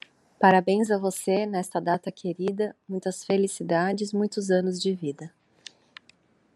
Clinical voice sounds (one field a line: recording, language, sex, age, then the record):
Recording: short text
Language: Brazilian Portuguese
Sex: female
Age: 30 to 39 years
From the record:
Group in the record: control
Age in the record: 35 years